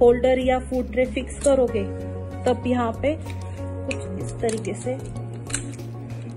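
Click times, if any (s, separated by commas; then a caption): 5.5 s. Someone talks over background music while folding a stroller, and the frame's fold lock, a slider lock, snaps shut with a sharp click at 5.5 s. The stroller frame is then locked in its folded position.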